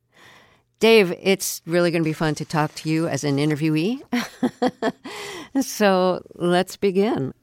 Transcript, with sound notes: Dave, it's really going to be fun to talk to you as an interviewee (laughter). So let's begin.